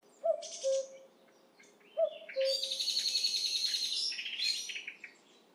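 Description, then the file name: Common blackbird singing: two low, mellow fluted phrases, each followed by high, squeaky twittering, the second burst running for about two seconds. "Turdus merula"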